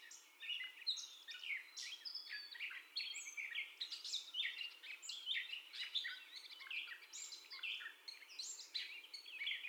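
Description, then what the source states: Gray catbird singing a long, rambling string of varied chirps, squeaks and slurred whistles, each note different from the last, delivered rapidly and continuously. First song, recorded 30 May 2021.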